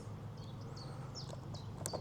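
A white plastic cable connector is pushed into its socket on a Mammotion LUBA Mini robot mower, over a steady low hum with high chirping calls in the background. A short, sharp click at 1.9 s marks the connector seating fully in place.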